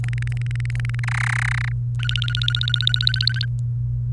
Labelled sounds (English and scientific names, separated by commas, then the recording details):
Domestic Canary (Serinus canaria) song
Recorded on 28 April 2018 at 13:00
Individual llb3